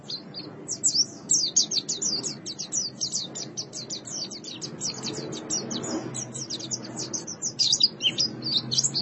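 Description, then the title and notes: White-eye singing a continuous, rapid stream of high, sweet chirps and twitters without pause, with a soft low hum underneath. "Suara kicauan burung pleci"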